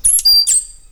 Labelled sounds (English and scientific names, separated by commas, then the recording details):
Stitchbird (Notiomystis cincta) song
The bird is a male
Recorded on Tiritiri Matangi Island, New Zealand, in 2005
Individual 16, of nest box 24